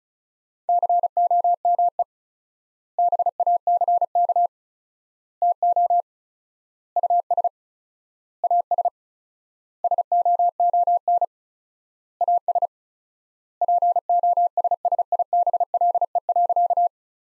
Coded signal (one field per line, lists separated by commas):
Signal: Morse code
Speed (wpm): 35 wpm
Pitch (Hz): 700 Hz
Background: none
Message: COME BACK TO US AS SOON AS POSSIBLE.